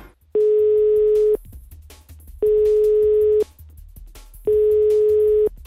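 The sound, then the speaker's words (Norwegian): A telephone ringback tone as Radio Nova calls zoologist Petter Bøckmann, sounding three times, each a steady, mid-pitched beep lasting about a second, separated by equal pauses filled with faint low rumble. “Det her … fra Grenseløs på Radio Nova som ringer.”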